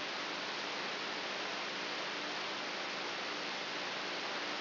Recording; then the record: brain microelectrode recording played as sound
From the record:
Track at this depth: inside the subthalamic nucleus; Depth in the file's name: 1.44 mm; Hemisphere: right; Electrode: 3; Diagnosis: Parkinson's disease